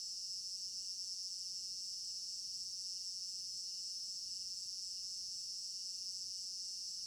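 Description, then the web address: Crickets give a high, even, continuous chirping chorus with a fine rapid pulse and no other clear sounds. Crickets in an African village garden at night; stereo binaural recording. "African-Village Garden Night Crickets Stereo-Binaural. immersive sound library"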